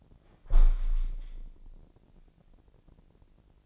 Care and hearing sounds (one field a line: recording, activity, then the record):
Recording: daily activity, microphone in the room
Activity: close window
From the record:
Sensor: 5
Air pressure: 1012.4 hPa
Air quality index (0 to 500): 158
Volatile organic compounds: 2 ppm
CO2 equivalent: 1077 ppm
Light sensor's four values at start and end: 111/266/113/124 and 111/266/113/125